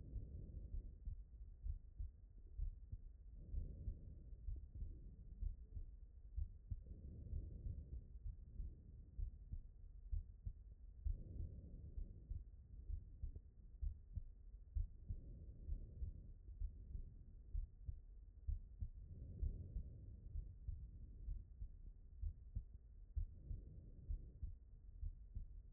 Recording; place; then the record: heart sounds by stethoscope; pulmonary valve (PV)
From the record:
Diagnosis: non-HFrEF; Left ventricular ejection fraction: 72%